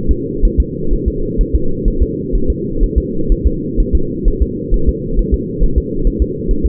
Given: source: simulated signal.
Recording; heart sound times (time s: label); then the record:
fetal heart sounds
0.11 s: S2
0.45 s: S1
0.60 s: S2
0.93 s: S1
1.08 s: S2
1.41 s: S1
1.55 s: S2
1.88 s: S1
2.03 s: S2
2.35 s: S1
2.50 s: S2
2.83 s: S1
2.98 s: S2
3.32 s: S1
3.47 s: S2
3.80 s: S1
3.95 s: S2
4.28 s: S1
4.42 s: S2
4.74 s: S1
4.89 s: S2
5.19 s: S1
5.34 s: S2
5.63 s: S1
5.78 s: S2
6.07 s: S1
6.22 s: S2
6.51 s: S1
6.66 s: S2
From the record:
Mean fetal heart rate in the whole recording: 130 bpm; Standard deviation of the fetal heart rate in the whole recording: 4 bpm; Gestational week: 38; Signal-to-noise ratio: -8.1 dB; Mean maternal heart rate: 72 bpm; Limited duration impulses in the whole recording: absent